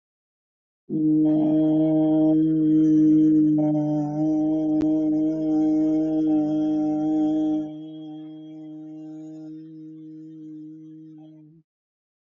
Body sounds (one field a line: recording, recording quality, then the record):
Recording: sustained vowel as in boot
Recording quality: excellent, no background noise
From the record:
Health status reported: healthy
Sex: male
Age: 60 years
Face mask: not worn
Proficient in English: yes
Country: India